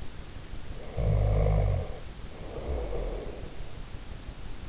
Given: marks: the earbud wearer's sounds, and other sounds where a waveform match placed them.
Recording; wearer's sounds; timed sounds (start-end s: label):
sounds in sleep by an in-ear microphone; snoring breath
0.72-3.67 s: snoring breath